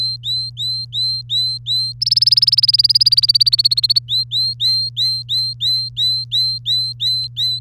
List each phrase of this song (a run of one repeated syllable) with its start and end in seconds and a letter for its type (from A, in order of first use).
0.00-1.92 A, 2.02-3.99 B, 4.08-7.59 A